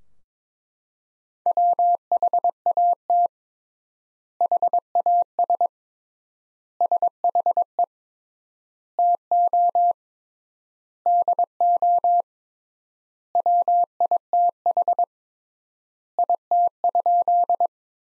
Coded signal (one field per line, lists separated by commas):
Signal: Morse code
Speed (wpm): 21 wpm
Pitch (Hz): 700 Hz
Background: none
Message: WHAT HAS SHE TO DO WITH IT?